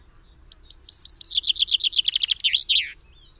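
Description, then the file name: Common chaffinch delivering a single full song phrase: evenly spaced bright notes speeding into a rattling descent, closing with a brief emphatic flourish. "Fringilla coelebs"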